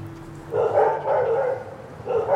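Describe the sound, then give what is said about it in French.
Two large, black, muscular dogs bark in a string of deep, rough woofs, several loud bursts in quick succession over a low steady hum, with no one talking. “Les deux chiens étaient grands, noirs, costauds, tout en muscles et en crocs.”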